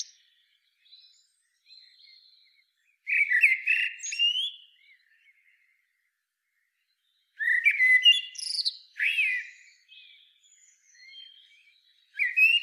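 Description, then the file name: Common blackbird song, several mellow whistled phrases with scratchy high trills, soft notes between them, a new phrase starting at the end. "Turdus merula"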